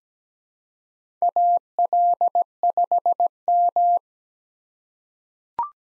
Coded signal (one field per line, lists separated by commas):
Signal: Morse code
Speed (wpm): 17 wpm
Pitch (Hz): 700 Hz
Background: none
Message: AL5M